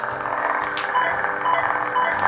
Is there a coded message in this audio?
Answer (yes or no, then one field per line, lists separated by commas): no